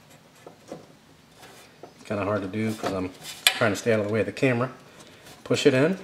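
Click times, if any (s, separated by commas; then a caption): none. A RAM module is turned the correct way and lined up with the notch of a motherboard memory slot before being pushed in, with faint handling taps and scrapes and a small tap around 1.8 s while someone talks. Nothing has seated or clicked yet.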